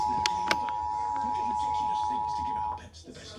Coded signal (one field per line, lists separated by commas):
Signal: Emergency Alert System (SAME) tones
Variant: 853 and 960 Hz attention tone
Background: speech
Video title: EAS Child Abduction Emergency On BUZZR 6/8/2025